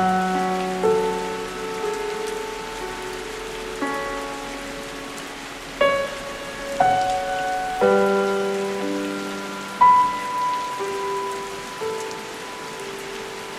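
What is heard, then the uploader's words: Soft piano plays slow, gently sustained chords over a steady hiss of rain. New notes arrive every second or two, with clearer strikes near 6, 8 and 10 seconds, each ringing out and fading. The rain stays even throughout, filling the bright upper range. Music and rain featuring soft piano music.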